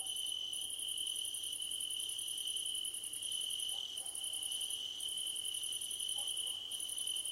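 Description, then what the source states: Crickets trilling steadily while quick pulsed chirp bursts repeat with brief pauses; a faint lower sound appears occasionally. Crickets chirping at night under a starlit sky, nighttime ambience.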